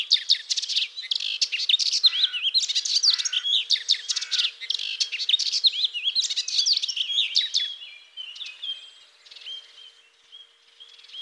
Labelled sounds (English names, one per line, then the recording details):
Melodious Warbler song
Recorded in the wild
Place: St. Laurent des Arbres und Umgebung, FR
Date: 2004-05-25
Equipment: MiniDisc Sharp MT 20 H, Telinga DAT, Telinga-Parabolspiegel
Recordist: Schwarz, Dieter
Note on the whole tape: Song